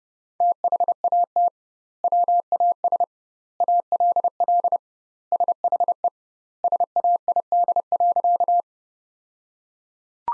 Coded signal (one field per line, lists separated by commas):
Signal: Morse code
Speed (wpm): 30 wpm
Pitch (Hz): 700 Hz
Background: none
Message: THAT WAS ALL SHE SAID.